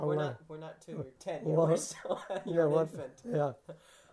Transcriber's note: he laughs